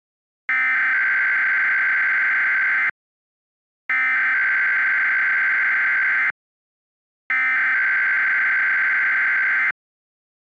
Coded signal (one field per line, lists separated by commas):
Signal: Emergency Alert System (SAME) tones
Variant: header bursts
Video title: (test) EAS: Terrible RMT